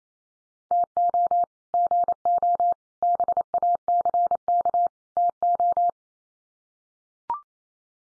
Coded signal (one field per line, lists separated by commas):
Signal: Morse code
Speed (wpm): 28 wpm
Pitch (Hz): 700 Hz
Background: none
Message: TO GO BACK TO